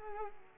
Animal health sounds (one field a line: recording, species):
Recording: mosquito wingbeat signal from an infrared sensor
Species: Culex pipiens